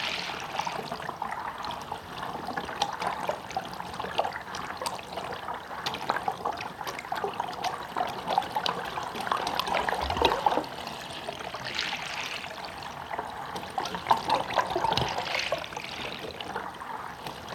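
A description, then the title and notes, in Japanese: Mountain spring water gurgles steadily through a pipe, its trickling, airy tone shifting irregularly, with louder splashy surges around ten, twelve and fifteen seconds. 山水引水パイプ。水もないのに水音が聞こえるので不思議に思って見回すとパイプ（ホース？）のようなものが。どうやら山水を汲み取るもののようです。空気を含んでいるのか音のピッチが不規則に変化するのが面白いですね。マイクロフォン：VERDANT WEAPONS CONTACT MICROPHONE×2, JrF microphones STANDARD HYDROPHONE, TASCAM Portacapture X8内蔵（XYステレオ）。編集：ステレオ音声をNovoNotes HPL2 ProcessorでHPL（バイノーラル）に変換。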